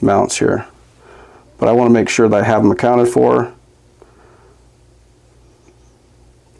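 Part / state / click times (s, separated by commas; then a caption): scope ring screws going into scope mounts / not seated / none. Scope ring screws are threaded in only barely by hand into the scope mounts for a Weatherby Live Wild in 300 PRC, just so they sit in place before everything is tightened down. Someone talks for the first four seconds, then faint handling sounds follow, with small ticks at about 4.0 s and 6.6 s. The screws have not seated or clicked into place yet.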